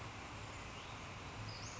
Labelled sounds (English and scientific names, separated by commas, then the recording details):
Western Flycatcher (Empidonax difficilis)
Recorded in Sonoma County, California